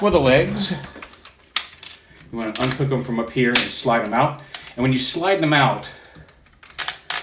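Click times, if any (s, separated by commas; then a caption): 7.1 s. Someone talks while unhooking and sliding out a plastic leg section of a FansToys FT-10 Phoenix transforming robot figure, with small plastic clicks and taps around 1.6 s and 6.8 s. The leg slides out until its little lock button extends, and it locks into place with a sharp click at 7.1 s.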